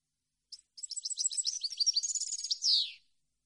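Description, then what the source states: European goldfinch song, a rapid run of twittering notes ending in a louder buzzy downslurred flourish, on a silent background. Clean goldfinch song on CD, for birds to copy as song training.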